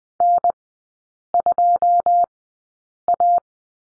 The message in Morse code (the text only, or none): N2A